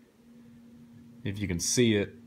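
A folding part is handled on a copy of a Rexford R.U.T. EDC multitool, where a thin steel release is pressed to swing the part out so it can lock into position, a lock that holds poorly and lets the part wobble up and down. A low steady hum runs throughout while someone talks near the end. Nothing has seated or clicked yet.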